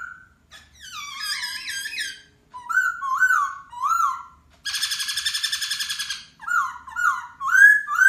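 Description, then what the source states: Masked laughingthrush: varied bird song mixing fluty slurred whistles, a long harsh buzzing rattle in the middle, and a closing run of loud rising whistles. Local Indonesian name Poksai Hongkong; song said to captivate other birds.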